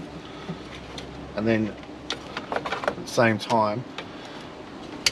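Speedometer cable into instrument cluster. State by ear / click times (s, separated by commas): seated / 5.1 s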